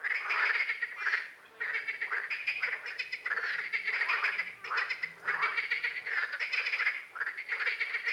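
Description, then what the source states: Frog chorus of dense, raspy croaking notes overlapping continuously, fading briefly several times before swelling again. Night-time frog ambience.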